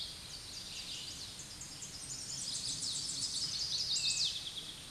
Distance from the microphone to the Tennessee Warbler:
about 25 m